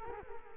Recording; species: mosquito wingbeat signal from an infrared sensor; Culex quinquefasciatus